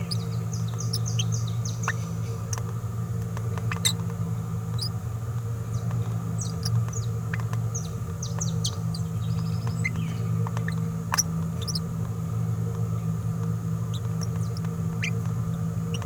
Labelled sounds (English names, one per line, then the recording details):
Green-rumped Parrotlet babbling
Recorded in a nest box in Venezuela
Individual 18B17A4